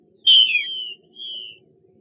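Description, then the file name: Chinese hwamei whistles: two clear, falling whistled notes, the first louder, over a faint low hum. Female bird giving 'xuy' calls. "Tieng chim hoa mi mai xuy"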